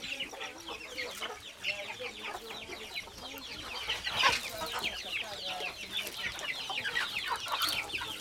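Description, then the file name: Chicken sounds from a busy flock: dense high chick peeping and scattered clucks throughout, with a brief louder burst near the middle. Hen house with many chicks; Putti, Uganda. "hen house lots of chicks village voices bg Putti Uganda"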